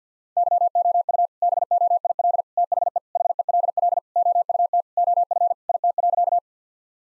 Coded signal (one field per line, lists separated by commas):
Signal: Morse code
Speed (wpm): 50 wpm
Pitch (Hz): 700 Hz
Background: none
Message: YOU BOIL THE HELL OUT OF IT.